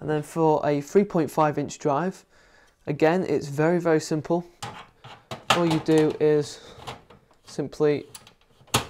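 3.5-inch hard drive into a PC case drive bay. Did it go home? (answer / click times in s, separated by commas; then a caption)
yes / 8.8 s. A 3.5-inch drive is slid into the tool-free drive bay of a Corsair Graphite 230T PC case while someone talks. A few faint handling sounds are followed by a sharp click at 8.7 seconds as the drive seats in the bay. No screwdriver is needed.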